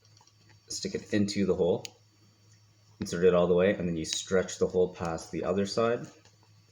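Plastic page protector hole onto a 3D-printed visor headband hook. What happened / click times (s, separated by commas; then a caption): The plastic sheet is being worked onto the hook but has not snapped into place / none. A hole punched in a plastic page protector is being worked onto a 3D-printed visor headband hook while someone talks. A few faint ticks of handling come at about 0.1 and 0.3 seconds. The hole has not yet snapped over the hook, and nothing has seated or clicked by the end.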